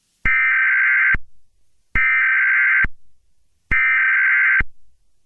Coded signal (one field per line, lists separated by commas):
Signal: Emergency Alert System (SAME) tones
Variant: header bursts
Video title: EAS Scenario #2 - A DESTRUCTIVE TORNADO!